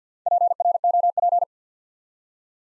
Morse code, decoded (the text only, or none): PROP